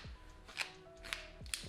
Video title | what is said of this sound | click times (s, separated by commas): Trek Marlin 7 Bike Rack & Kickstand Install - Fishing Bike pt. 1 | right this locks into place it's really cool so that was one of the things got really good reviews | 1.5 s